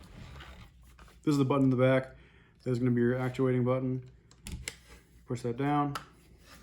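Someone talks while handling an adjustable brace on a pistol chassis, pointing out the release button at the back that is pushed down to actuate it. A few brief, faint handling taps sound between the phrases, but the brace has not yet slid fully in and locked, and nothing has seated or clicked yet.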